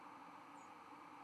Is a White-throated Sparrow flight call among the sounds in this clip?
yes